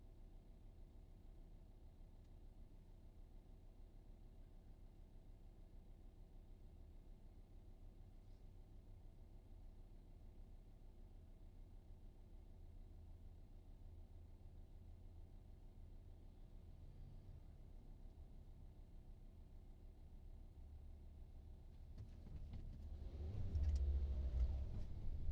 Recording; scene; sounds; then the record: everyday scene through a hearing-aid microphone; in a vehicle; engine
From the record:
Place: VW T5 Caravelle, diesel engine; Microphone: in the ear canal, right